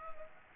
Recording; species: mosquito wingbeat signal from an infrared sensor; Culex pipiens